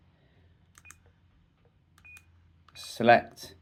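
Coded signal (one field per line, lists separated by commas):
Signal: none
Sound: a radio's button beeps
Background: speech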